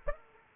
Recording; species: mosquito wingbeat signal from an infrared sensor; Aedes aegypti